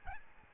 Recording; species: mosquito wingbeat signal from an infrared sensor; Aedes albopictus